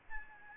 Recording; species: mosquito wingbeat signal from an infrared sensor; Aedes albopictus